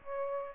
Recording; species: mosquito wingbeat signal from an infrared sensor; Aedes aegypti